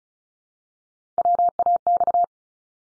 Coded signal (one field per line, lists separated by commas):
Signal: Morse code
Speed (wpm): 36 wpm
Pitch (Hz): 700 Hz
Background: none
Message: WAX